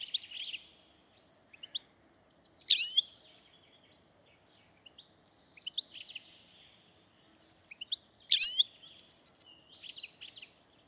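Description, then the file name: European goldfinch calls: a few sharp liquid twitters separated by gaps, with faint scattered chips and soft buzzy notes between, otherwise quiet. "Carduelis carduelis"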